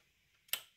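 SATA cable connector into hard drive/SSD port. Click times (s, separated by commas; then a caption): 0.5 s. An L-shaped SATA cable connector is lined up and pushed onto the port on the back of a hard drive or SSD. Against a quiet background, a faint tick at 0.5 s is followed immediately by a sharper, brighter click at 0.5 s. The connector seats and clicks into place.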